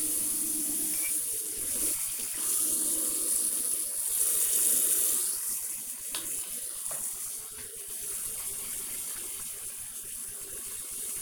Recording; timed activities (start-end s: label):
household activities, microphone on the right wrist
0.00-11.22 s: brushing teeth